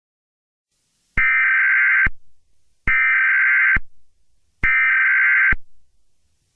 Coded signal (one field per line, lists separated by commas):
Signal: Emergency Alert System (SAME) tones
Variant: header bursts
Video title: EAS Scenario 12: Barney error the traitor!!